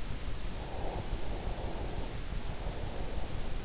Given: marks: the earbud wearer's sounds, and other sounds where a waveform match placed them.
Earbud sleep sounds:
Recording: sounds in sleep by an in-ear microphone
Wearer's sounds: breath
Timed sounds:
0.78-3.23 s: breath

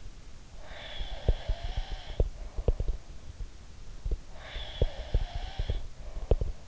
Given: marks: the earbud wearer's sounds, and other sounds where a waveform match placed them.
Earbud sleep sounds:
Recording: sounds in sleep by an in-ear microphone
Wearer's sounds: breath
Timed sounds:
0.56-2.97 s: breath
0.95-4.20 s: sound from someone else or the room
4.31-6.67 s: breath
4.54-6.67 s: sound from someone else or the room

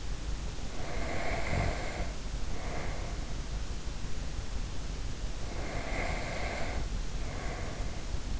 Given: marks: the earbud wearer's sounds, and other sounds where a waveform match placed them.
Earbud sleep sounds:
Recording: sounds in sleep by an in-ear microphone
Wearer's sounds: breath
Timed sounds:
0.62-3.30 s: breath
5.56-8.40 s: breath

